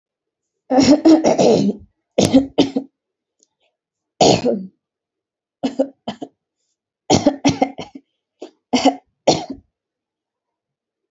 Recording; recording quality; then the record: heavy voluntary cough; excellent, no background noise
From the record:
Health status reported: healthy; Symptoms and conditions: none ticked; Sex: female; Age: 36 years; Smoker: not ticked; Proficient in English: yes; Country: India